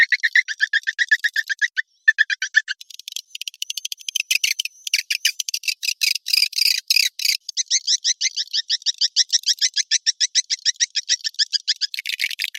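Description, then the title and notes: Swiftlet calls as clipped, clicking high chirps in regular rapid series, pausing briefly, then breaking into a denser rattling burst before steady chirp trains resume. Sound used for swiftlet farming in Asia. "Swiflet Bird Sound. Farming Swiflet Bird asia sound"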